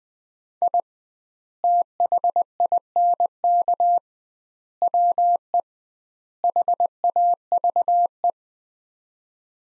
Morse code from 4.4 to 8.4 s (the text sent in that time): WE HAVE